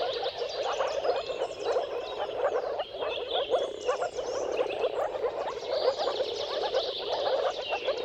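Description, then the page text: Many moor frogs give rapid low gulping calls in an unbroken chorus, with birds twittering throughout. Mating chorus of moor frogs at sunrise, at the turn of March and April depending on weather. "Dawn’s Chorus: Mating Calls of Marsh Frogs at Sunrise. Depending on the weather at the turn of March and April, you can witness an amazing spectacle of moor frogs. Jakub Orzecki"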